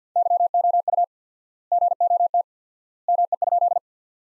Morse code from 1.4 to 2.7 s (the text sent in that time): GOT